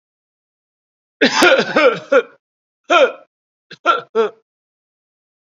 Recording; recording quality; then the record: heavy voluntary cough; excellent, no background noise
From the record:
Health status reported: COVID-19 positive, no symptoms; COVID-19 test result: positive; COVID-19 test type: RT-PCR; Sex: male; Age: 38 years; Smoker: no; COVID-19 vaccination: both doses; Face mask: worn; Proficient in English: no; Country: India